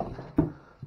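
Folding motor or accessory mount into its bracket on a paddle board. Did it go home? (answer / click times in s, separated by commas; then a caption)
yes / 0.0 s, 0.4 s. A folding motor or accessory mount on a paddle board is swung back down one-handed into its bracket, a hard move to do with one hand. It clicks back into its locked position, with clicks at 0.0 s and 0.4 s.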